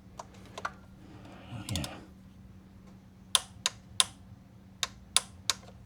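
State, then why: Torque reached. A 1/4-inch drive inch-pound torque wrench set to 80 in-lb tightens bolts on an engine's intake and throttle body, with a few faint ticks and a brief rustle early on. Sharp, bright clicks ring out at 3.4, 3.7, 4.0, 5.2 and 5.5 seconds as the wrench reaches its set torque, confirming the fasteners are tightened to 80 in-lb.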